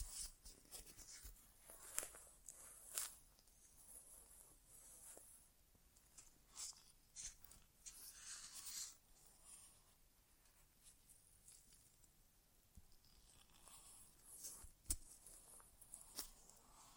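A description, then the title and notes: An ASMR inner ear exam with no talking: soft scratchy rustles and crinkles with sharp taps and clicks scattered throughout, stronger bursts around 2, 3, 8 and 15 seconds. The sounds are crisp and bright, over a quiet low hiss. ASMR Inner Ear Exam (No Talking).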